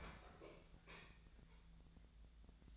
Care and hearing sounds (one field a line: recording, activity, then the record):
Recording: daily activity, microphone in the room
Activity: open fridge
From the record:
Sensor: 3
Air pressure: 1009.7 hPa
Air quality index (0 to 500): 190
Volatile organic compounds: 14 ppm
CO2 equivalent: 2475 ppm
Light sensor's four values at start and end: 38/94/40/43 and 38/94/40/43